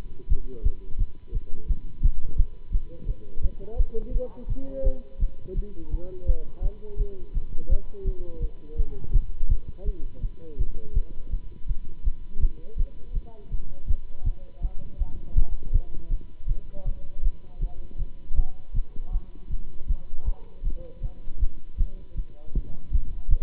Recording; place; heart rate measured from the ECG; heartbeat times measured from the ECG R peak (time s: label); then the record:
heart sounds by stethoscope; between the tricuspid and mitral areas; 164 bpm
0.28 s: heartbeat
0.62 s: heartbeat
0.97 s: heartbeat
1.32 s: heartbeat
1.67 s: heartbeat
2.01 s: heartbeat
2.36 s: heartbeat
2.71 s: heartbeat
3.06 s: heartbeat
3.41 s: heartbeat
3.76 s: heartbeat
4.12 s: heartbeat
4.47 s: heartbeat
4.83 s: heartbeat
5.18 s: heartbeat
5.54 s: heartbeat
5.90 s: heartbeat
6.25 s: heartbeat
6.61 s: heartbeat
6.97 s: heartbeat
7.32 s: heartbeat
7.68 s: heartbeat
8.04 s: heartbeat
8.40 s: heartbeat
8.76 s: heartbeat
9.12 s: heartbeat
9.48 s: heartbeat
9.84 s: heartbeat
10.21 s: heartbeat
10.57 s: heartbeat
10.93 s: heartbeat
11.30 s: heartbeat
11.66 s: heartbeat
12.03 s: heartbeat
12.39 s: heartbeat
12.76 s: heartbeat
13.13 s: heartbeat
13.50 s: heartbeat
13.87 s: heartbeat
14.23 s: heartbeat
14.60 s: heartbeat
14.97 s: heartbeat
15.34 s: heartbeat
15.71 s: heartbeat
16.09 s: heartbeat
16.46 s: heartbeat
16.84 s: heartbeat
17.22 s: heartbeat
17.60 s: heartbeat
17.97 s: heartbeat
18.34 s: heartbeat
18.73 s: heartbeat
19.11 s: heartbeat
19.49 s: heartbeat
19.87 s: heartbeat
20.24 s: heartbeat
20.62 s: heartbeat
21.00 s: heartbeat
21.39 s: heartbeat
21.77 s: heartbeat
22.15 s: heartbeat
22.53 s: heartbeat
22.91 s: heartbeat
23.29 s: heartbeat
From the record:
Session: Bruce protocol treadmill stress test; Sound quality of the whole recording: good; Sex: male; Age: 26 years